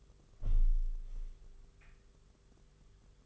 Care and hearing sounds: daily activity, microphone in the room; close window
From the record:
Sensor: 4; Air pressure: 991.2 hPa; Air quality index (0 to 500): 153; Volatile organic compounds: 103 ppm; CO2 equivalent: 3773 ppm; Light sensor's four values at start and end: 6/14/5/6 and 6/14/5/6

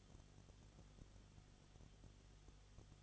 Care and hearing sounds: daily activity, microphone in the room; no activity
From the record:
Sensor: 4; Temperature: 22.7 degrees Celsius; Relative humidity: 31.7%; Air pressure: 995.4 hPa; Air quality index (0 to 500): 158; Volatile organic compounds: 2 ppm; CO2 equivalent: 1254 ppm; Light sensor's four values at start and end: 2/3/1/1 and 2/3/1/1

